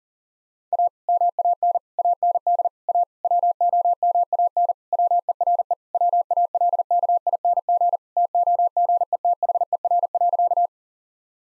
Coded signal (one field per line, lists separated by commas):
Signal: Morse code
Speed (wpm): 40 wpm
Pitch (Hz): 700 Hz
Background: none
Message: A MAN AND A WOMAN WERE WALKING TOGETHER.